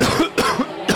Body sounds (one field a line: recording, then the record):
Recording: coughing mixed with background sound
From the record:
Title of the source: Coughing 46